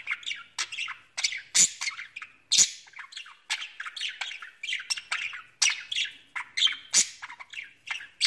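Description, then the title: Budgerigar chatter with scratchy warbled notes and sharp squawks, several sharp clicks punctuating the steady flow. "Budgie Sounds"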